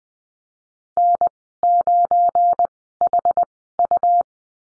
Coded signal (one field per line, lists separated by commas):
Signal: Morse code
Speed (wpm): 19 wpm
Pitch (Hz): 700 Hz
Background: none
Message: N9HU